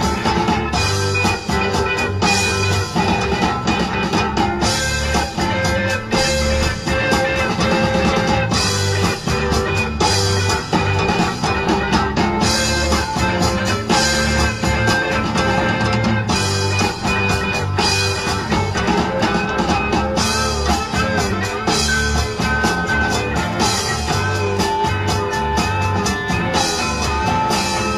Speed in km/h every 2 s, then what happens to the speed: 26, 26, 32, 42, 53, 64, 68, 47, 34, 26, 19, 24, 26, 27.
2-12 speeds up to 68. 12-21 brakes to 19. 21-25 speeds up to 27.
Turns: 17-21.